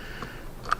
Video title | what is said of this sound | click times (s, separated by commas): ⚡Easy 23.5 - 2024 Road Glide Handlebars Install!⚡@harleydavidson | we're going to snap that closed we're going to put our housing cover back on | 0.7 s